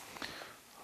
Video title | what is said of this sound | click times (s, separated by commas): Computer Troubleshooting & Tech Support : How to Fix a Laptop That Won't Turn On | and all you do is just pop it back in you hear a little snap and that's okay | 0.2 s